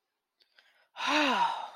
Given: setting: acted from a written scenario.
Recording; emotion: vocal sound without words; awe